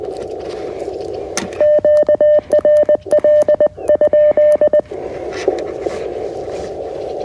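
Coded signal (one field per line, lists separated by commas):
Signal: Morse code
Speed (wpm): 20 wpm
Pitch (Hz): 600 Hz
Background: radio noise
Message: QRL?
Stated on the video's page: QRP CW Parks on the Air activation on 20m with a CFT1 transceiver, UMMP-1 key and OCF dipole antenna, in real time.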